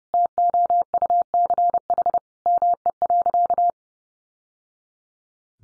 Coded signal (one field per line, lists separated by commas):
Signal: Morse code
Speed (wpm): 30 wpm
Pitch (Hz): 700 Hz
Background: none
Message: TOUCH ME.